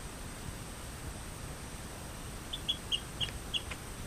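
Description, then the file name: Rio Grande chirping frog calling a quick series of several short, high chirps over about a second, against a steady hiss. "Eleutherodactylus cystignathoides"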